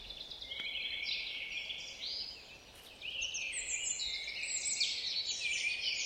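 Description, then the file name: Eurasian blackcap singing a rich, rapid warble of mixed scratchy and clear whistled notes, a short lull midway, then continuing in quick varied phrases. "Sylvia atricapilla"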